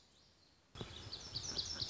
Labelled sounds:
Lazuli Bunting (Passerina amoena)
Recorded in Sonoma County, California

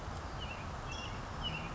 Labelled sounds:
Western Tanager (Piranga ludoviciana)
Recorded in Sonoma County, California

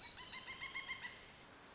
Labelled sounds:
Pileated Woodpecker (Dryocopus pileatus)
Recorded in Sonoma County, California

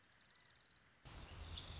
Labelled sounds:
Anna's Hummingbird (Calypte anna)
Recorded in Sonoma County, California

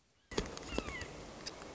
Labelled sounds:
Red-shouldered Hawk (Buteo lineatus)
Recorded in Sonoma County, California

